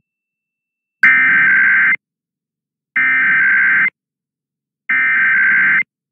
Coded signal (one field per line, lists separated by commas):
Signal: Emergency Alert System (SAME) tones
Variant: header bursts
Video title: COVID-19 ISOLATION ALERTS PART 2... (EAS ALERTS 3856-3869 FROM 10/11/22-10/15/22)